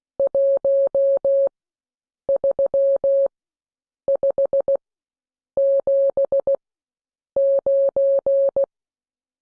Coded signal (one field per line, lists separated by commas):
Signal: Morse code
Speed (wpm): 16 wpm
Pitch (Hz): 550 Hz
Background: none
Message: 13579